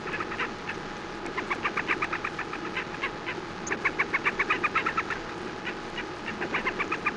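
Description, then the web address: Slavonian grebe giving fast repeated trilled notes, swelling in the middle, over a steady background hum. "birdsong Slavonian"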